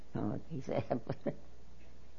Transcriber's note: she laughs